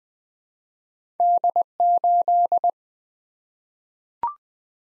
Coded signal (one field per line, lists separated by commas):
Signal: Morse code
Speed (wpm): 20 wpm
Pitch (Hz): 700 Hz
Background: none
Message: D8